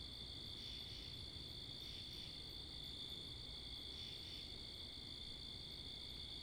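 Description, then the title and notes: Crickets sing a constant high buzz, with louder bursts recurring every couple of seconds, over a background of wind and road noise. Wakefield, Rhode Island, USA; 10 October 2021 at 11:35pm, night; mics facing northeast; two Rode NTG-3 shotgun mics on a Sound Devices MixPre 10ii; with cars and wind. "Oct 10th 2021 11:35pm Wakefield, Rhode Island. Crickets, Cars, and Wind"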